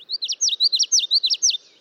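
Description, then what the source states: Common Yellowthroat singing a rapid, rhythmic run of high, slurred phrases, each a bright witchety-like phrase, repeated several times. Song pattern remembered with the phrase 'witchetty, witchetty, witchetty'.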